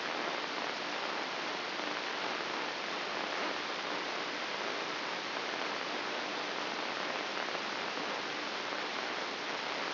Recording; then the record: brain microelectrode recording played as sound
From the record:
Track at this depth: inside the subthalamic nucleus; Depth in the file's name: 5.063 mm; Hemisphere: left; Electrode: 3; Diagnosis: Parkinson's disease